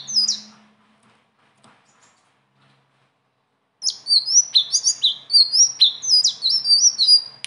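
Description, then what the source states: Leafbird song: a brief note, a quiet gap, then a rapid run of high, warbled, down-slurred whistles lasting nearly four seconds. Bird singing persistently (gacor) with rolling phrases (ngeroll) and fill-in phrases (isian); training song (masteran).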